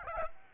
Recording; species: mosquito wingbeat signal from an infrared sensor; Aedes aegypti